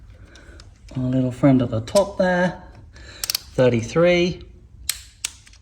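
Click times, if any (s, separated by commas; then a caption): 4.9 s, 5.2 s. A torque wrench tightens the top cam belt tensioner bolt on a Ducati Monster S2R 1000 to 33 Nm. Someone talks, then the wrench gives two sharp clicks at 4.9 s and 5.3 s.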